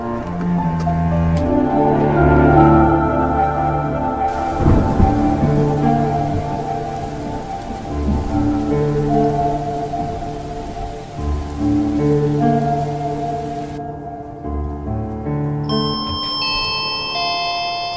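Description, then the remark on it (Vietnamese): Steady heavy rain at night, with thunder, hisses over a backdrop of sustained, low musical tones, the downpour rising for most of the stretch before easing off near the end; no speech. “Chiếc xe màu trắng vội vã lao đi trong mưa đêm sầm sập”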